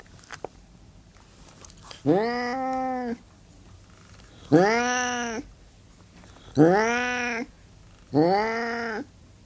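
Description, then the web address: Burmese cat yowling: four drawn-out, strongly tonal cries, each about a second long, rising then holding steady, spaced roughly two seconds apart over quiet background. Burmese cat hissing and growling. "BBC Cats Burmese"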